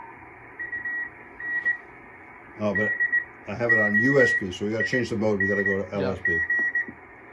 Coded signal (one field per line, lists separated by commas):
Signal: Morse code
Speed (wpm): 19 wpm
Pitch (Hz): 1900 Hz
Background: speech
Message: UN DOING